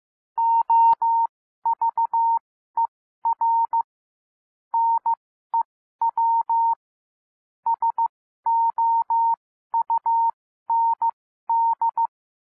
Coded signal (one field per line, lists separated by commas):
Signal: Morse code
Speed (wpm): 15 wpm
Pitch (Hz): 920 Hz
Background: none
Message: OVER NEW SOUND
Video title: Improve Your Morse Code 12-15 WPM - 15-15 WPM